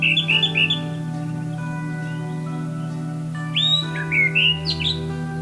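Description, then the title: Bird gives loud, quick chirps at the start, then a pause, then rising squeaky notes near the end, over a continuous low hum. "SuaraBurung Kicau"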